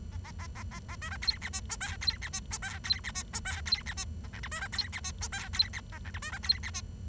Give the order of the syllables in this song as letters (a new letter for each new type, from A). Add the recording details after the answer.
A A A A A A B C D E F G H D E F G H D E F G H D E F A I J B C D E F G H D E A I J B C D E F. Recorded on 23 June 2012 at 08:55. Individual gr41rd51